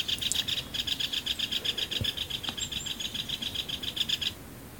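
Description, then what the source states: Great Spotted Woodpecker quarrel calls: a steady, buzzy rattle of quick repeated notes lasting about four seconds, then stopping abruptly. Two individuals at a fat feeder, also chasing each other in a dead pine in the yard, quarrelling; sounded like a neighbour starting a frozen separator; nearly -30 degrees frost; on a holiday; Riipi.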